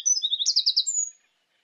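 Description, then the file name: Eurasian wren song fragment: a rapid string of high chirps leading into a short rolling trill and a thin whistled note. "Troglodytes troglodytes"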